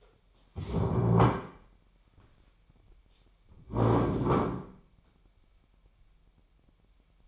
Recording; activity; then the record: daily activity, microphone in the room; stand up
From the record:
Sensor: 1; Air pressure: 998.5 hPa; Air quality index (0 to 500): 121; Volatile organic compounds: 3 ppm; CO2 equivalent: 1441 ppm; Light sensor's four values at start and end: 10/24/10/12 and 10/24/10/12